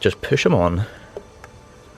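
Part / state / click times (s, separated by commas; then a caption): wiring connector onto ignition coil / not seated / none. A plastic electrical connector is being pushed onto an ignition coil on a Focus RS engine while someone talks. Two faint, brief ticks follow at about 1.2 s and 1.4 s. The connector is still being handled and nothing has seated or clicked into place yet.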